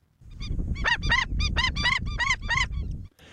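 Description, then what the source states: Indian skimmer calls, a rapid series of harsh, nasal, rising-falling yelps packed closely together, with a low rumbling background beneath. Black and white water bird.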